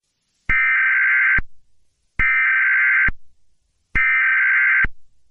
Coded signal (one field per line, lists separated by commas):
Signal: Emergency Alert System (SAME) tones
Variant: header bursts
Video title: IRRADIATING CHAOS: REMASTRED [EAS SCENARIO/ANALOG HORROR]